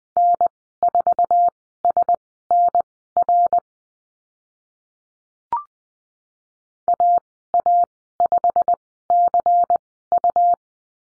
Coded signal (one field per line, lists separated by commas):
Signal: Morse code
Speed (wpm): 20 wpm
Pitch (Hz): 700 Hz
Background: none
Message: N4SNR AA5CU